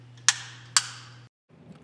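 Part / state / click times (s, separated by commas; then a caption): battery cover onto flow sensor housing / seated / 0.3 s, 0.8 s. The plastic battery cover of a water flow sensor is pressed back onto the sensor housing after the batteries are inserted. Two sharp clicks ring out at 0.3 s and 0.8 s over a steady low hum that cuts out at about 1.3 s. The battery cover snaps shut and is seated.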